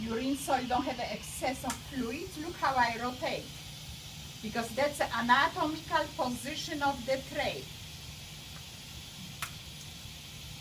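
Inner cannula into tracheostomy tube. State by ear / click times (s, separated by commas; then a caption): seated / 9.4 s. After cleaning, a tracheostomy inner cannula is inserted and rotated into the outer tracheostomy tube. Someone talks for most of the first 7.6 seconds over a low background hiss. A single short, sharp click at 9.4 s marks the inner cannula locking into place, confirming it is seated.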